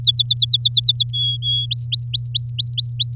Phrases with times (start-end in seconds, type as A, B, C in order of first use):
0.01-1.10 A, 1.13-1.66 B, 1.71-3.15 C